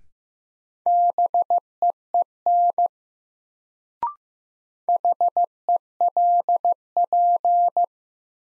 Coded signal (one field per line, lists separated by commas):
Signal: Morse code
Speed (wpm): 15 wpm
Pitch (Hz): 700 Hz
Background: none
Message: BEEN HELP